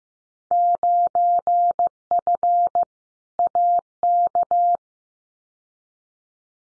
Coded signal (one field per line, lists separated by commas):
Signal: Morse code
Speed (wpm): 15 wpm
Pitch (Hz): 700 Hz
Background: none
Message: 9F AK